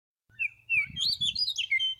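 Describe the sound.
Songbird giving a quick tumble of high, bright chirps and twittering notes.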